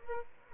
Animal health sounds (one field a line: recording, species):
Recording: mosquito wingbeat signal from an infrared sensor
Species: Aedes albopictus